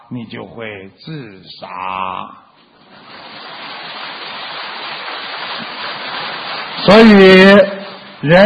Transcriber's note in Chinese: 掌声